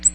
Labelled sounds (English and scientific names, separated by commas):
Ovenbird (Seiurus aurocapilla) flight call